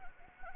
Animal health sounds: mosquito wingbeat signal from an infrared sensor; Anopheles gambiae

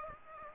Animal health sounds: mosquito wingbeat signal from an infrared sensor; Aedes aegypti

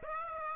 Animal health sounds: mosquito wingbeat signal from an infrared sensor; Aedes aegypti

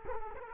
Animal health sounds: mosquito wingbeat signal from an infrared sensor; Culex quinquefasciatus

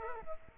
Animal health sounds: mosquito wingbeat signal from an infrared sensor; Culex quinquefasciatus

